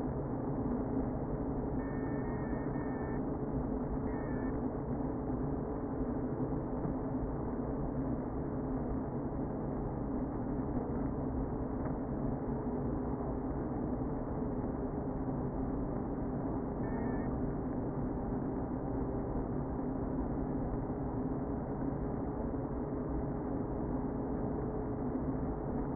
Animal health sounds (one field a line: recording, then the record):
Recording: honeybee colony, microphone inside the hive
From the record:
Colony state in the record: queen present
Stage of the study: before two queens were removed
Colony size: about 60,000 bees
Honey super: yes